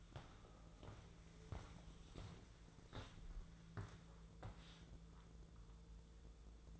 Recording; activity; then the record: daily activity, microphone in the room; walk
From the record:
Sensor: 3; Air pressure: 1005.4 hPa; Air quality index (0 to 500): 93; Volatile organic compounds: 3 ppm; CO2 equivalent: 1449 ppm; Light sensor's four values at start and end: 10/24/10/9 and 9/21/9/9